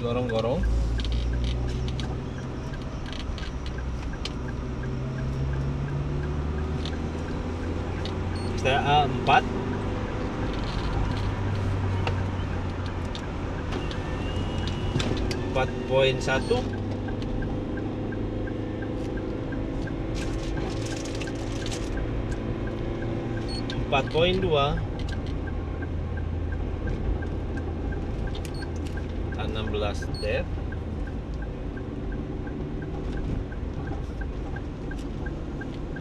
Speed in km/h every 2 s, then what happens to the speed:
30, 34, 40, 41, 43, 44, 46, 48, 51, 53, 54, 54, 54, 53, 53, 52, 52, 52.
0-18 speeds up to 53. 18-36 steady at about 53.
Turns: none.